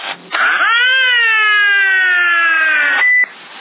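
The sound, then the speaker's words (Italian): A loud whistle-type siren, heard over CB radio, sounds one sustained, high, reedy blast for about three seconds, its pitch sagging slightly before it cuts off abruptly. No one speaks over it. “Che quando arriviamo all'incrocio attacchiamo anche quella a fischio per farci sentire.”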